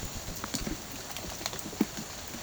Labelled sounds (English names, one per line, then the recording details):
none
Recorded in pastures near Puerto Asís, Putumayo, Colombia, on 30 June 2025 at 15:30
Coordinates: 0.472, -76.331
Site G095